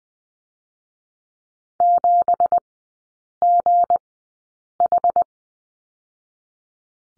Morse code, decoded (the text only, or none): 7GH